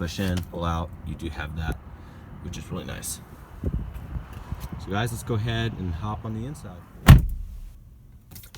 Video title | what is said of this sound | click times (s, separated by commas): YOU WILL NOT BELIEVE YOUR EARS!!----2018 BMW X3 M40i Review | Really nice solid shut. | 7.1 s